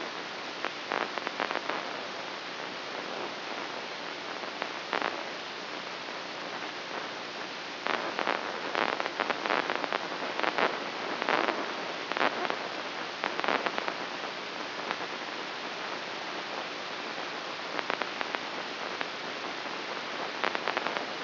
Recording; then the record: brain microelectrode recording played as sound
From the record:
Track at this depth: inside the subthalamic nucleus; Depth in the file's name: 1.33 mm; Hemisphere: right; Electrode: 3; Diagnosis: Parkinson's disease